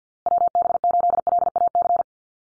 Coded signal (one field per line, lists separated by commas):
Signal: Morse code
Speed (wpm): 50 wpm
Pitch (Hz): 700 Hz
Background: none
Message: WB8LAC